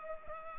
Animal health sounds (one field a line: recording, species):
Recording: mosquito wingbeat signal from an infrared sensor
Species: Culex pipiens